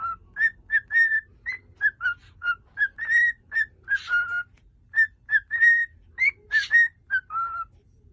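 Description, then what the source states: Cockatiel song made of short clear whistles, mostly at one pitch with some slight rises, and a few harsher buzzy notes mixed in. Several cockatiels singing, whistling.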